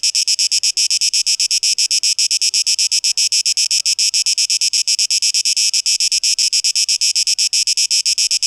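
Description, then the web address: Cicada buzzing song in rapid rhythmic throbs, shrill and dense, pulsing steadily several times a second with no pauses. Cicadas, 12 August 2023, tape echo mix. "rauschpartikel Audio 2023-08-12 Zikaden (Tape Echo Mix)"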